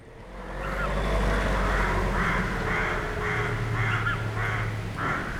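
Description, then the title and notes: Rook caws, a rapid series of rough, nasal calls over a loud low rumble. Rooks nesting in plane trees in a town square, Chambéry, France. "27 Rue du Verger, Chambéry, France - Freux dans la ville. Des corbeaux freux nichent dans les platanes de la place"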